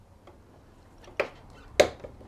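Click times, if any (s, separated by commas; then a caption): 1.8 s. Pressing in the centre pin of a plastic push-type trim clip in the leg shield panel of a Honda Super Cub C125, during its 4000 mile service, to release the clip. A quieter tick at 1.2 s comes before a sharp click at 1.8 s, where the pin clicks in, having gone in just until it clicks rather than right through, and the clip is unlocked. Faint small ticks are scattered around these sounds.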